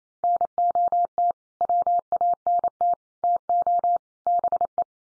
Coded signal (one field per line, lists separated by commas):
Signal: Morse code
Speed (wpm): 28 wpm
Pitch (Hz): 700 Hz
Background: none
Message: NOT WANT TO BE